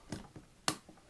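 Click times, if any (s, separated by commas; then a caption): 0.7 s. A S&W M&P Shield pistol is being reassembled, and an internal part is pushed by hand into the slide/frame. A softer click sounds at 0.1 s, then a sharp, loud snap at 0.7 s as the part seats into place.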